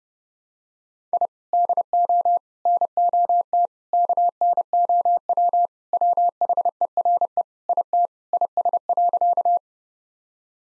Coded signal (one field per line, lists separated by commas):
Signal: Morse code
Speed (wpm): 32 wpm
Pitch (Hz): 700 Hz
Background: none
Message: I DO NOT KNOW WHERE IT IS.